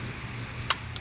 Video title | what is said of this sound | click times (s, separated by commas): How to Remove the Intake manifold Volvo 3.2L engine SI6 LR2 | you hear it click and pull back and | 0.7 s